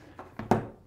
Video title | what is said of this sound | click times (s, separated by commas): BELL BROOZER Motorcycle Helmet Review | it snaps in it locks into place and there you have again your full face road legal helmet | 0.5 s